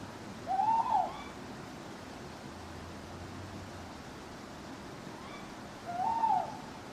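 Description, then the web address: Owl hoots, two arched, drawn-out hoots several seconds apart over steady hiss, with a faint low hum between them. Owls hooting at night in a churchyard. "birds backgrounds churchyard night owls hooting clock strike"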